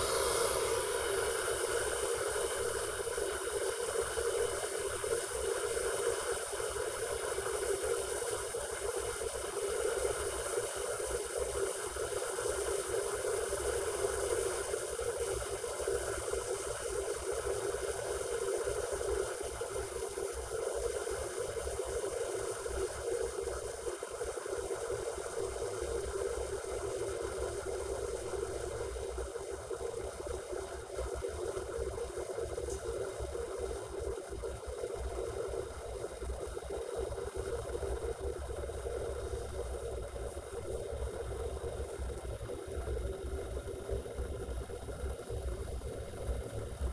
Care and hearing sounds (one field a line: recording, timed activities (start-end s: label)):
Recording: household activities, microphone on the right wrist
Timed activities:
0.00-46.93 s: making tea